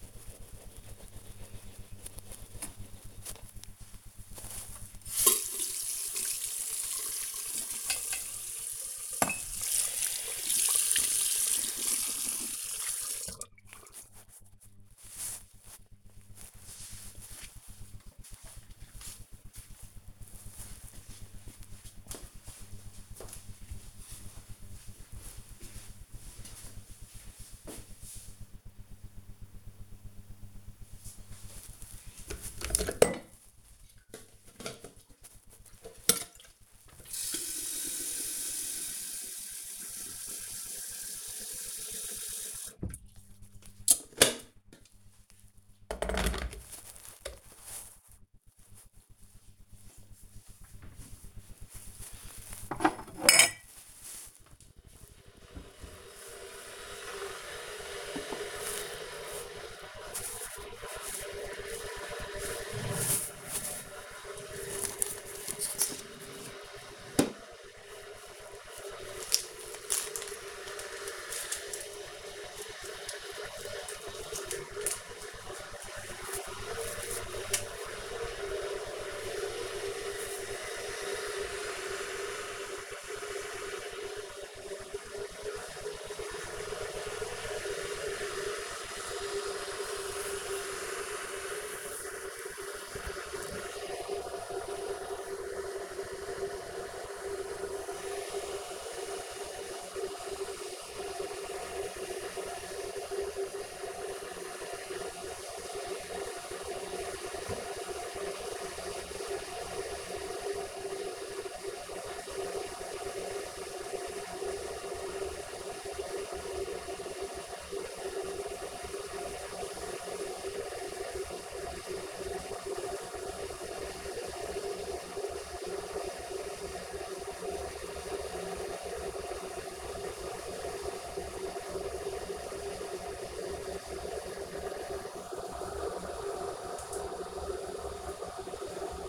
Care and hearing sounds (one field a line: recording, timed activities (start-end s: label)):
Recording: household activities, microphone on the right wrist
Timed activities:
0.00-13.98 s: brushing teeth
31.07-139.09 s: making tea